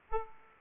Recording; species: mosquito wingbeat signal from an infrared sensor; Aedes aegypti